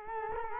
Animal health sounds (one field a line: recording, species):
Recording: mosquito wingbeat signal from an infrared sensor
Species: Culex quinquefasciatus